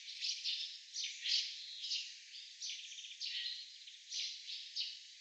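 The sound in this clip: Barn swallow calls: brisk high chirps and short twittered phrases following one another closely.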